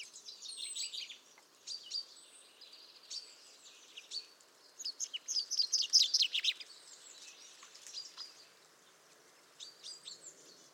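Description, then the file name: Common chaffinch song phrases: a loud, fast, tumbling trill midway, with softer chirps and thin high notes before and after. "Fringilla coelebs"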